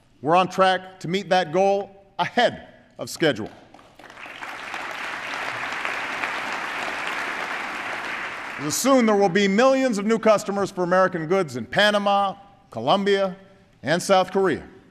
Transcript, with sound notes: we’re on track to meet that goal ahead of schedule. (Applause.) And soon, there will be millions of new customers for American goods in Panama, Colombia, and South Korea.